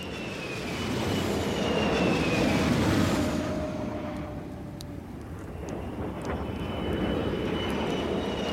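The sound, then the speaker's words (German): A steady, broad roar of an aircraft passing overhead, swelling then easing slightly, with a faint descending whine in the engine tone and no voices. “Da fliegen sie, die mörderischen Vögel.”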